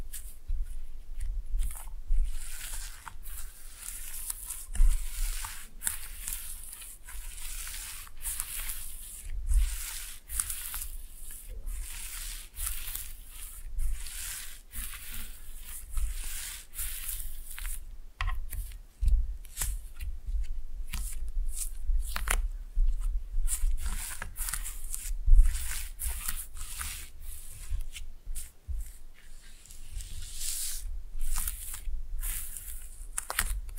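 Slime being played with: a steady run of wet, sticky squelches and crackling pops that come in quick irregular bursts throughout. The sounds are mostly bright and crisp, with short quieter gaps, over a faint low rumble underneath.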